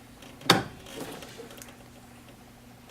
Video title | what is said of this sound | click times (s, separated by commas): Deep Space Lighting Installation Video - Kenworth T660 Bi-Xenon Headlights | get turn it to the right until it clicks in place and you'll hear it make noise and then | 0.5 s